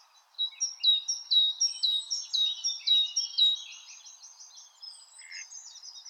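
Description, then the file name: Great tit song: one run of clear two-note phrases that fades, followed by softer trills, over a faint low hum. "Parus major"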